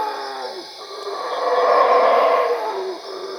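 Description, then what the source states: Howler monkey howl, a broad roaring swell that builds to a loud peak then fades, over a steady high insect drone. Recorded at Cuevas.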